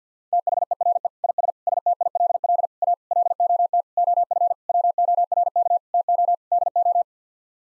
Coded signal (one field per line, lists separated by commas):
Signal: Morse code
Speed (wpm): 50 wpm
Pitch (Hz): 700 Hz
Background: none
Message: THERE IS STILL A LOT OF WORK TO DO